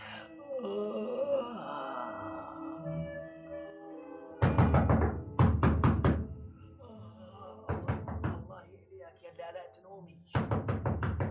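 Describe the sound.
A drawn-out moaning voice gives way to loud, rapid knocking on a door, struck in three separate bursts of several sharp raps each with short pauses between.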